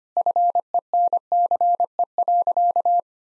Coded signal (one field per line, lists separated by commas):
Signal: Morse code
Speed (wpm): 25 wpm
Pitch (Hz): 700 Hz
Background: none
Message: FENCE.